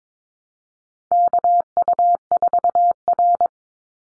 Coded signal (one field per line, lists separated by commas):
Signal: Morse code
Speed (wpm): 22 wpm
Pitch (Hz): 700 Hz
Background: none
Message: KU4R